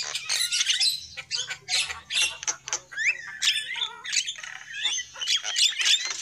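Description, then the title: Lovebird chatter: shrill squawks and chirps in quick succession, with short upward-sweeping notes. Lure call used for trapping lovebirds. "PIKAT BURUNG LOVEBIRD"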